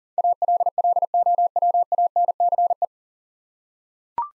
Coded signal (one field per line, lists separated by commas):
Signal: Morse code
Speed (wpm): 40 wpm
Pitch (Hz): 700 Hz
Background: none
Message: ALLOWANCE